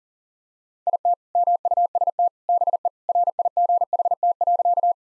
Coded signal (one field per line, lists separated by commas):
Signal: Morse code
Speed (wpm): 40 wpm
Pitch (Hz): 700 Hz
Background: none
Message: IT MUST BE RIGHT.